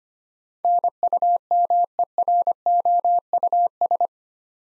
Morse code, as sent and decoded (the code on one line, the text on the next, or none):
-. ..- -- . .-. --- ..- ...
NUMEROUS